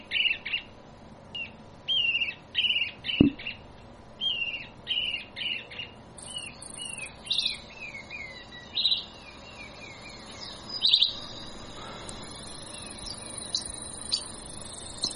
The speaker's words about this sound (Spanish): ¿Saben qué pajarito es este? Este es el chinchero chico.